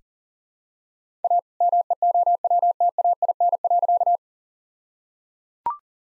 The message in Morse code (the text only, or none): A MEOWTAIN.